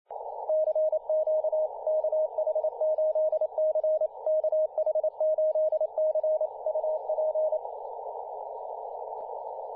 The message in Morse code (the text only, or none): CQ KH8C KH8C UP